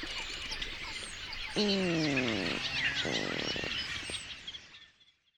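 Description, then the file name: Water rail call, a descending squeal that breaks into low rapid pulsed grunts, over a background of chirping songbirds. "Rale-d eau"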